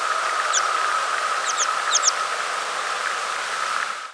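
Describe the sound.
American pipit calls: a few thin, high, downslurred notes, given singly and in quick pairs, over a steady background hum.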